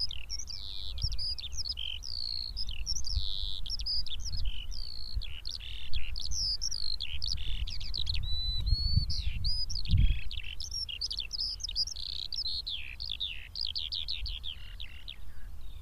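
Eurasian skylark song: an unbroken, high, fast warbling stream of chirps, trills and slurred notes, varied throughout, over a low rumble of wind.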